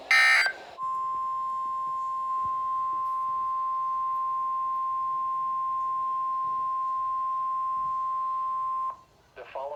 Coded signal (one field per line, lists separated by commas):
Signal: Emergency Alert System (SAME) tones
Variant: 1050 Hz attention tone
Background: speech